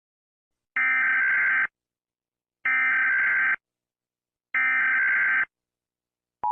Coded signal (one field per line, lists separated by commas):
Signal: Emergency Alert System (SAME) tones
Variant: header bursts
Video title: My first EAS Scenario: The Purge (Dedicated to @LTB1360 )